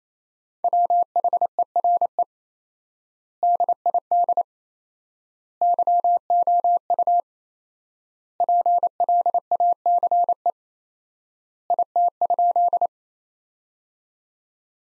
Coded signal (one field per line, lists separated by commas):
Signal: Morse code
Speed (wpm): 28 wpm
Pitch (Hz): 700 Hz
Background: none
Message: WHERE DID YOU PLACE IT?